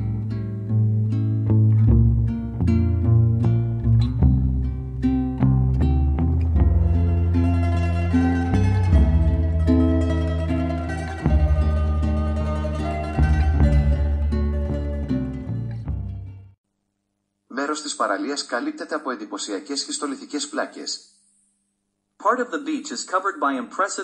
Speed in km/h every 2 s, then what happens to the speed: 22, 21, 21, 21, 21, 21, 20, 22, 22, 21, 17, 16.
0-17 steady at about 21. 17-24 slows to 16.